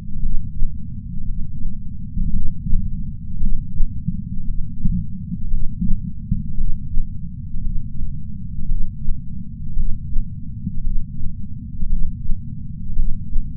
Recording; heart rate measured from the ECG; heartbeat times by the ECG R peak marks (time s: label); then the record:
heart sounds by patch sensor on the chest; 57 bpm
0.21 s: heartbeat
1.25 s: heartbeat
2.31 s: heartbeat
3.39 s: heartbeat
4.44 s: heartbeat
5.49 s: heartbeat
6.56 s: heartbeat
7.62 s: heartbeat
8.66 s: heartbeat
9.74 s: heartbeat
10.82 s: heartbeat
11.88 s: heartbeat
12.94 s: heartbeat
From the record:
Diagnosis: coronary artery disease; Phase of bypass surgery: preoperative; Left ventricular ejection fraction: 62%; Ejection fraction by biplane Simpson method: 62.4%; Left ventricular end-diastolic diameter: 51 mm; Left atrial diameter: 40 mm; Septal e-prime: 9.2 cm/s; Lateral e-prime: 9.2 cm/s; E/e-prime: 8.2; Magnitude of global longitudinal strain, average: 18.8%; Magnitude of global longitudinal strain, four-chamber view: 19.4%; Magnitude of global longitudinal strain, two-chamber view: 19%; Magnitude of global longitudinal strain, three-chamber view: 18.1%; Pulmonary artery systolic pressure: 24 mmHg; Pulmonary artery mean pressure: 10 mmHg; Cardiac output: 4.7 L/min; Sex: male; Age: 57 years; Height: 175 cm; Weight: 80 kg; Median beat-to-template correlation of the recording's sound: 0.88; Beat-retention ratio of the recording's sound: 0.93